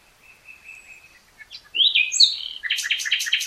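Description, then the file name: Common nightingale starting with a soft drawn-out whistle, then swelling into loud rapid repeated notes and chattering trills. "Luscinia megarhynchos"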